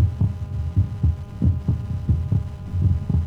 The heart sounds. The first is a relatively long, bounding sound. The second is a short, sharp sound.